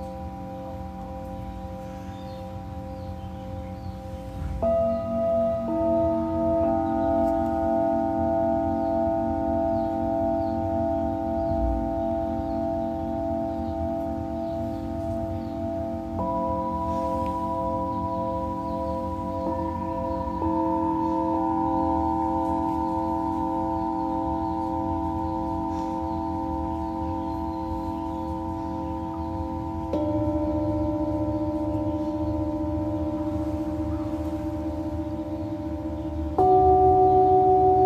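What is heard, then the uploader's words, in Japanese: Tibetan singing bowls ring in long, overlapping sustained tones for a sound healing session. New bowls are struck around 5, 16, 20, 30 and 36 seconds, each adding a fresh pitch over the humming, slowly pulsing drone. The sound stays steady, with a faint low rumble underneath. メキシコからチベタンシンギングボウルのサウンドヒーリングライブ。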